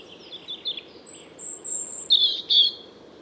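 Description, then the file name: European robin song fragment: thin high whistles and a sustained very high note, followed by two louder, buzzy warbled notes. "Erithacus rubecula"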